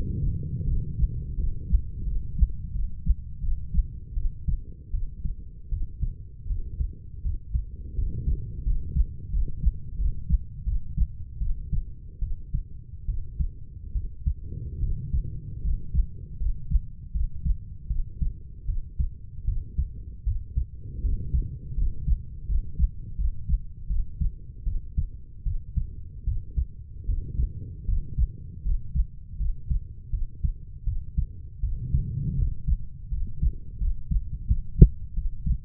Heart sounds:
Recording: heart sounds by stethoscope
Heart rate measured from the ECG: 80 bpm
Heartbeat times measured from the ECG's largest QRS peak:
0.65 s: heartbeat
1.36 s: heartbeat
2.04 s: heartbeat
2.72 s: heartbeat
3.40 s: heartbeat
4.14 s: heartbeat
4.91 s: heartbeat
5.70 s: heartbeat
6.47 s: heartbeat
7.22 s: heartbeat
7.95 s: heartbeat
8.64 s: heartbeat
9.30 s: heartbeat
9.96 s: heartbeat
10.64 s: heartbeat
11.39 s: heartbeat
12.20 s: heartbeat
13.06 s: heartbeat
13.93 s: heartbeat
14.80 s: heartbeat
15.62 s: heartbeat
16.38 s: heartbeat
17.12 s: heartbeat
17.88 s: heartbeat
18.66 s: heartbeat
19.45 s: heartbeat
20.24 s: heartbeat
21.02 s: heartbeat
21.75 s: heartbeat
22.47 s: heartbeat
23.16 s: heartbeat
23.88 s: heartbeat
24.64 s: heartbeat
25.44 s: heartbeat
26.25 s: heartbeat
27.06 s: heartbeat
27.86 s: heartbeat
28.63 s: heartbeat
29.38 s: heartbeat
30.11 s: heartbeat
30.84 s: heartbeat
31.60 s: heartbeat
32.35 s: heartbeat
33.09 s: heartbeat
33.78 s: heartbeat
34.46 s: heartbeat
35.14 s: heartbeat
From the record:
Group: healthy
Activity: rest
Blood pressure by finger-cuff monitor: 123/49 mmHg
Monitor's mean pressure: 72 mmHg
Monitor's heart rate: 79 bpm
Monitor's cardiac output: 9.8 L/min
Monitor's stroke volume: 122 mL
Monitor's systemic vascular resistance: 520 dyn s/cm5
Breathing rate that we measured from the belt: 9 breaths a minute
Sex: female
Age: 32 years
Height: 168 cm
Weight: 61.9 kg

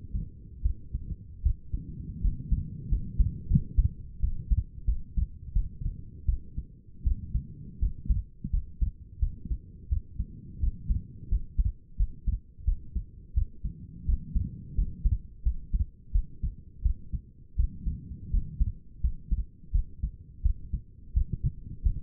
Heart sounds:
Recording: heart sounds by stethoscope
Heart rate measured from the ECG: 85 bpm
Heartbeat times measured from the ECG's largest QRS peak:
0.62 s: heartbeat
1.43 s: heartbeat
2.21 s: heartbeat
2.89 s: heartbeat
3.48 s: heartbeat
4.21 s: heartbeat
4.86 s: heartbeat
5.54 s: heartbeat
6.26 s: heartbeat
7.04 s: heartbeat
7.80 s: heartbeat
8.51 s: heartbeat
9.20 s: heartbeat
9.89 s: heartbeat
10.60 s: heartbeat
11.29 s: heartbeat
11.97 s: heartbeat
12.65 s: heartbeat
13.34 s: heartbeat
14.06 s: heartbeat
14.75 s: heartbeat
15.43 s: heartbeat
16.12 s: heartbeat
16.83 s: heartbeat
17.56 s: heartbeat
18.31 s: heartbeat
19.01 s: heartbeat
19.72 s: heartbeat
20.42 s: heartbeat
21.14 s: heartbeat
21.83 s: heartbeat
From the record:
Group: healthy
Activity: rest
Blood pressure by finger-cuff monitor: 132/86 mmHg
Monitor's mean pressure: 100 mmHg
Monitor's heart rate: 85 bpm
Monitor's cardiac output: 5.9 L/min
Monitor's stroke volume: 70 mL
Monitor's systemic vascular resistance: 1240 dyn s/cm5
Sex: female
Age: 37 years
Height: 168 cm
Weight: 70 kg

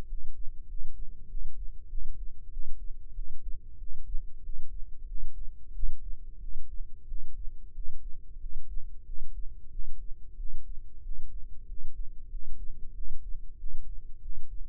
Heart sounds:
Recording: heart sounds by microphone in the left ear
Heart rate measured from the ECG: 93 bpm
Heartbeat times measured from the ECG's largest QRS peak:
0.06 s: heartbeat
0.66 s: heartbeat
1.27 s: heartbeat
1.87 s: heartbeat
2.49 s: heartbeat
3.13 s: heartbeat
3.77 s: heartbeat
4.41 s: heartbeat
5.05 s: heartbeat
5.71 s: heartbeat
6.38 s: heartbeat
7.05 s: heartbeat
7.72 s: heartbeat
8.38 s: heartbeat
9.03 s: heartbeat
9.69 s: heartbeat
10.35 s: heartbeat
11.01 s: heartbeat
11.65 s: heartbeat
12.28 s: heartbeat
12.92 s: heartbeat
13.56 s: heartbeat
14.19 s: heartbeat
From the record:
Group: healthy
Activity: rest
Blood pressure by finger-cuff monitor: 95/66 mmHg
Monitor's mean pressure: 75 mmHg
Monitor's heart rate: 94 bpm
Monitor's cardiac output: 7.6 L/min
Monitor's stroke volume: 81 mL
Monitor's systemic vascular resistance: 720 dyn s/cm5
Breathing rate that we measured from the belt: 16 breaths a minute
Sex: male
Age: 19 years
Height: 178 cm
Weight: 83 kg

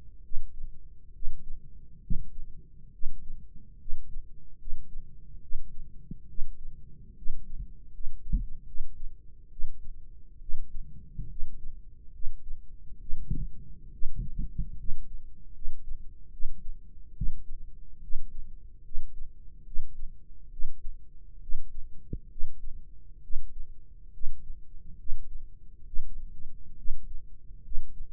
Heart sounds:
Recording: heart sounds by microphone in the right ear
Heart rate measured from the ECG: 70 bpm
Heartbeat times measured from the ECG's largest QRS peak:
0.22 s: heartbeat
1.12 s: heartbeat
2.00 s: heartbeat
2.91 s: heartbeat
3.78 s: heartbeat
4.57 s: heartbeat
5.40 s: heartbeat
6.27 s: heartbeat
7.15 s: heartbeat
7.91 s: heartbeat
8.65 s: heartbeat
9.49 s: heartbeat
10.39 s: heartbeat
11.28 s: heartbeat
12.12 s: heartbeat
12.98 s: heartbeat
13.91 s: heartbeat
14.76 s: heartbeat
15.52 s: heartbeat
16.30 s: heartbeat
17.14 s: heartbeat
18.00 s: heartbeat
18.82 s: heartbeat
19.64 s: heartbeat
20.50 s: heartbeat
21.40 s: heartbeat
22.28 s: heartbeat
23.21 s: heartbeat
24.11 s: heartbeat
24.96 s: heartbeat
25.84 s: heartbeat
26.75 s: heartbeat
27.62 s: heartbeat
From the record:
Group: healthy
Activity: rest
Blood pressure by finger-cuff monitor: 150/89 mmHg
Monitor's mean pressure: 107 mmHg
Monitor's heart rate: 69 bpm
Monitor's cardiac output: 5.8 L/min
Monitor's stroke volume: 85 mL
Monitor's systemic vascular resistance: 1360 dyn s/cm5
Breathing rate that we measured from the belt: 18 breaths a minute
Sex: male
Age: 21 years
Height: 180 cm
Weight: 67.5 kg

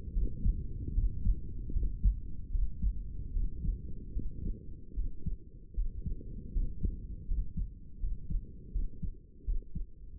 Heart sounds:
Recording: heart sounds by stethoscope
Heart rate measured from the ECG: 78 bpm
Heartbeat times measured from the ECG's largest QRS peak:
0.13 s: heartbeat
0.93 s: heartbeat
1.72 s: heartbeat
2.51 s: heartbeat
3.32 s: heartbeat
4.13 s: heartbeat
4.94 s: heartbeat
5.74 s: heartbeat
6.53 s: heartbeat
7.27 s: heartbeat
7.99 s: heartbeat
8.72 s: heartbeat
9.45 s: heartbeat
10.18 s: heartbeat
From the record:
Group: healthy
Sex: male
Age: 35 years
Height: 180 cm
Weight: 86.9 kg

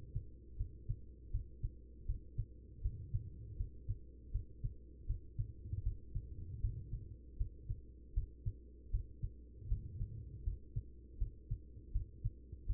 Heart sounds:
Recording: heart sounds by stethoscope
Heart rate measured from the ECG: 79 bpm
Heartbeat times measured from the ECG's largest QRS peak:
0.56 s: heartbeat
1.30 s: heartbeat
2.05 s: heartbeat
2.81 s: heartbeat
3.56 s: heartbeat
4.31 s: heartbeat
5.06 s: heartbeat
5.82 s: heartbeat
6.60 s: heartbeat
7.37 s: heartbeat
8.13 s: heartbeat
8.90 s: heartbeat
9.68 s: heartbeat
10.43 s: heartbeat
11.17 s: heartbeat
11.91 s: heartbeat
12.66 s: heartbeat
From the record:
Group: healthy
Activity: rest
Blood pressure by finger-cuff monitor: 114/74 mmHg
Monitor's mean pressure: 87 mmHg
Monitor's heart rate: 79 bpm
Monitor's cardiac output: 5.6 L/min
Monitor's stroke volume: 71 mL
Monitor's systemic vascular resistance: 1130 dyn s/cm5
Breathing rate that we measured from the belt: 18 breaths a minute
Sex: female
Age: 43 years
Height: 160 cm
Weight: 90 kg

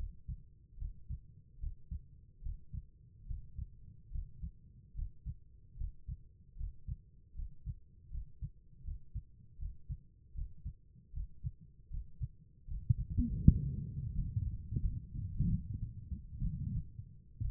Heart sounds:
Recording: heart sounds by stethoscope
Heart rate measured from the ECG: 76 bpm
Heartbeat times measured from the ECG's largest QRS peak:
0.76 s: heartbeat
1.58 s: heartbeat
2.41 s: heartbeat
3.25 s: heartbeat
4.10 s: heartbeat
4.93 s: heartbeat
5.76 s: heartbeat
6.55 s: heartbeat
7.34 s: heartbeat
8.09 s: heartbeat
8.83 s: heartbeat
9.57 s: heartbeat
10.33 s: heartbeat
11.12 s: heartbeat
11.89 s: heartbeat
12.66 s: heartbeat
13.44 s: heartbeat
14.14 s: heartbeat
14.81 s: heartbeat
15.47 s: heartbeat
16.39 s: heartbeat
17.42 s: heartbeat
From the record:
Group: healthy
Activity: Valsalva maneuver 0-15 s, rest 15-18 s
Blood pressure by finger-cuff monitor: 101/69 mmHg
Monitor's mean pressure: 76 mmHg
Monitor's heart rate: 77 bpm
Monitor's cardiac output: 5.1 L/min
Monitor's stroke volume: 66 mL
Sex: female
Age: 36 years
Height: 163 cm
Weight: 88 kg

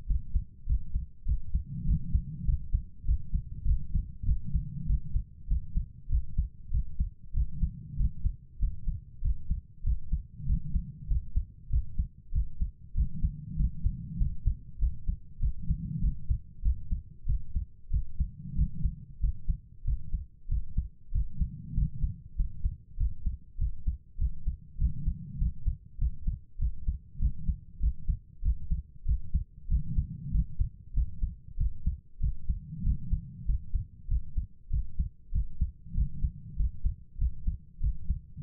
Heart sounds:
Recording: heart sounds by stethoscope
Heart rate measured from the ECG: 97 bpm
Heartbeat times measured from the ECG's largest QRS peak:
0.05 s: heartbeat
0.65 s: heartbeat
1.24 s: heartbeat
1.84 s: heartbeat
2.44 s: heartbeat
3.04 s: heartbeat
3.64 s: heartbeat
4.24 s: heartbeat
4.85 s: heartbeat
5.46 s: heartbeat
6.08 s: heartbeat
6.70 s: heartbeat
7.32 s: heartbeat
7.95 s: heartbeat
8.58 s: heartbeat
9.20 s: heartbeat
9.82 s: heartbeat
10.45 s: heartbeat
11.06 s: heartbeat
11.68 s: heartbeat
12.31 s: heartbeat
12.93 s: heartbeat
13.55 s: heartbeat
14.16 s: heartbeat
14.78 s: heartbeat
15.39 s: heartbeat
15.99 s: heartbeat
16.61 s: heartbeat
17.25 s: heartbeat
17.89 s: heartbeat
18.54 s: heartbeat
19.19 s: heartbeat
19.83 s: heartbeat
20.47 s: heartbeat
21.10 s: heartbeat
21.73 s: heartbeat
22.35 s: heartbeat
22.96 s: heartbeat
23.57 s: heartbeat
24.17 s: heartbeat
24.77 s: heartbeat
25.37 s: heartbeat
25.97 s: heartbeat
26.57 s: heartbeat
27.18 s: heartbeat
27.79 s: heartbeat
28.41 s: heartbeat
29.04 s: heartbeat
29.67 s: heartbeat
30.30 s: heartbeat
30.92 s: heartbeat
31.56 s: heartbeat
32.19 s: heartbeat
32.82 s: heartbeat
33.44 s: heartbeat
34.07 s: heartbeat
34.69 s: heartbeat
35.31 s: heartbeat
35.93 s: heartbeat
36.55 s: heartbeat
37.17 s: heartbeat
37.79 s: heartbeat
38.42 s: heartbeat
From the record:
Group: healthy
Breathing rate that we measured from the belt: 21 breaths a minute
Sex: female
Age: 32 years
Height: 172 cm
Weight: 71.7 kg

